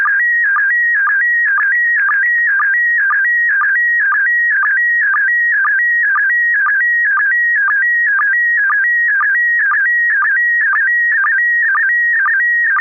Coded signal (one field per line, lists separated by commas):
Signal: SSTV (slow-scan television)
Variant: PD 120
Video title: N6NA SSTV Net - 06/18/2025